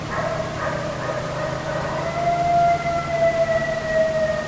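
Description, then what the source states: Coyote howl, a long sustained tone holding steady then sagging slightly in pitch, over a constant low hum. Several coyotes recorded on 9 November 2010.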